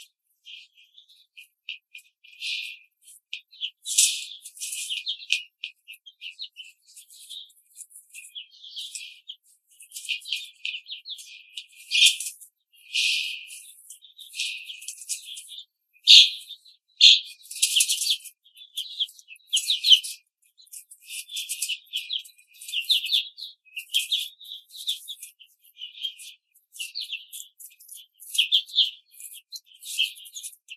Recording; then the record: young laying hens in a cage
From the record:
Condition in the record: control cage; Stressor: none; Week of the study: 5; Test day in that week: 1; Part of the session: 4